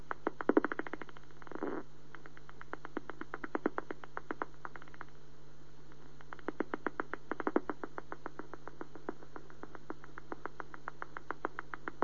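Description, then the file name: Greater mouse-eared bat calls as rapid clicking ticks in long bursts, bunching densely at times, with short pauses between runs and a steady low hum beneath. "gr mausohr"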